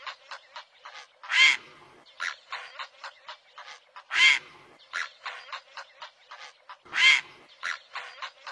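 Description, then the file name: Great blue heron: a loud rasping squawk roughly every three seconds, with quick rattling clicks and shorter rough notes filling the gaps. "Canto do garca azul grande"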